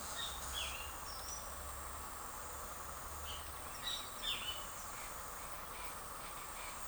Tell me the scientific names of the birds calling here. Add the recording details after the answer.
Pitangus sulphuratus, Tolmomyias flaviventris. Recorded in forest near Pivijay, Magdalena, Colombia, on 6 June 2023 at 08:30. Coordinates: 10.467, -74.380. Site Z5-G034